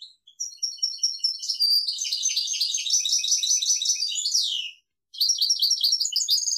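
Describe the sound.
European goldfinch song, a long rapid tinkling twitter of high, liquid notes and buzzy trills, pausing briefly near five seconds before resuming.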